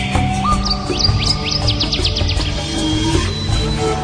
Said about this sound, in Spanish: El dulce canto de las aves.